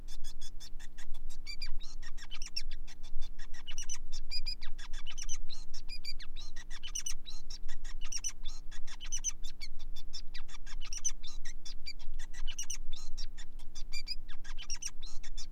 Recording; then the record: song of a male Bengalese finch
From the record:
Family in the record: son of father 5